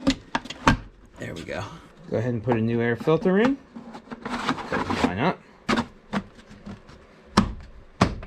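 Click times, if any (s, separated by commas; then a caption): 7.4 s, 8.0 s. With a new air filter in place, the plastic airbox cover of a BMW Z3 engine is lined up on the lower airbox housing and pushed together until it snaps. Someone talks while handling the parts. Sharp snaps at 7.4 s and 8.0 s mark the cover seating on the housing.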